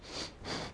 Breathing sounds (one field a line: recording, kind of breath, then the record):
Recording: one breath in and out by a microphone near the nose and mouth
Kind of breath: strong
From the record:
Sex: male